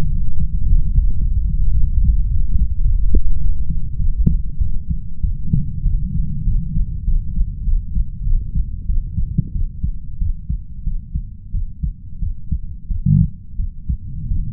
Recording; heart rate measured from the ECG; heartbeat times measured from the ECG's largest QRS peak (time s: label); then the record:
heart sounds by stethoscope; 97 bpm
0.08 s: heartbeat
0.64 s: heartbeat
1.19 s: heartbeat
1.73 s: heartbeat
2.27 s: heartbeat
2.82 s: heartbeat
3.38 s: heartbeat
3.96 s: heartbeat
4.58 s: heartbeat
5.21 s: heartbeat
5.83 s: heartbeat
6.44 s: heartbeat
7.04 s: heartbeat
7.64 s: heartbeat
8.24 s: heartbeat
8.86 s: heartbeat
9.52 s: heartbeat
10.19 s: heartbeat
10.84 s: heartbeat
11.52 s: heartbeat
12.20 s: heartbeat
12.88 s: heartbeat
13.57 s: heartbeat
14.28 s: heartbeat
From the record:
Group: healthy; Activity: rest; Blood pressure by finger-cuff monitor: 117/64 mmHg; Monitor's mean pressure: 79 mmHg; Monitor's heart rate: 96 bpm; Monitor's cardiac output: 7.7 L/min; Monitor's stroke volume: 77 mL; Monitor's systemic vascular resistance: 760 dyn s/cm5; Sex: female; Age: 32 years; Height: 168 cm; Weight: 61.9 kg